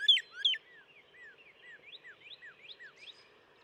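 Northern cardinal song opening with two loud slurred whistles, followed by a quieter repeated series of short sweeping notes.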